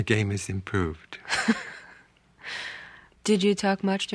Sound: soundbite of laughter

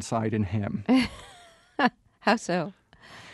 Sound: soundbite of laughter

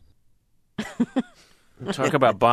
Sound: laughter

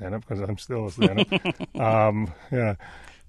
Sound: soundbite of laughter

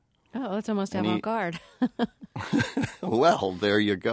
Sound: soundbite of laughter

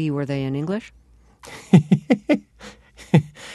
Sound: soundbite of laughter

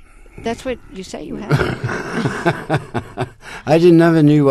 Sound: soundbite of laughter

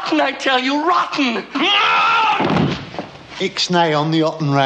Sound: soundbite of screams

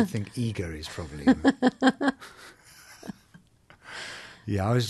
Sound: soundbite of laughter

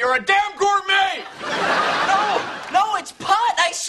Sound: soundbite of laughter

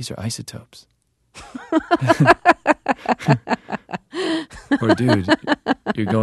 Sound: Soundbite of Laughter

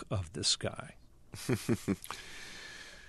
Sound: soundbite of laughter

